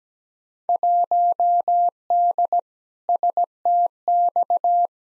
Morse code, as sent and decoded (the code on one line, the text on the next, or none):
.---- -.. / ... - -..-
1D STX